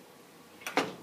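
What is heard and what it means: The glass lid of a screen-printing exposure unit is brought down with both handles at once and latches into the unit frame, locking on both sides. Two quick, sharp clicks sound at 0.7 s and 0.8 s, the second one louder, over a quiet background. Both latches are confirmed locked.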